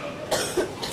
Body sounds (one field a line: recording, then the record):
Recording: coughing mixed with background sound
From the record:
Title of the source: 30 Chesty and wet cough